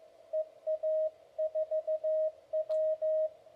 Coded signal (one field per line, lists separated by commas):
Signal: Morse code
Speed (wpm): 15 wpm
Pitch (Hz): 630 Hz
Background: radio noise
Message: EA4W